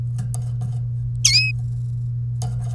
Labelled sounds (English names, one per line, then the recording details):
Domestic Canary song
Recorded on 3 May 2018 at 05:37
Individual llb3